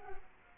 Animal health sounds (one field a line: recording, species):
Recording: mosquito wingbeat signal from an infrared sensor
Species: Culex quinquefasciatus